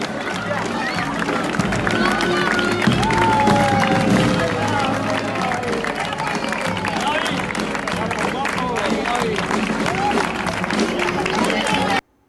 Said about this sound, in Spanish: Este pasado fin de semana celebraron su avís de festa. Y estos fueron los primeros aplausos para las comparsas que ya preparan sus desfiles.